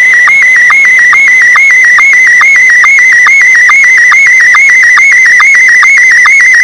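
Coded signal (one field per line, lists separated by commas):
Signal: SSTV (slow-scan television)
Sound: warbling high tone buzzing steadily, with rapid regular clicks about twice a second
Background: radio static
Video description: SSTV image decoded with MMSSTV (no VAC required).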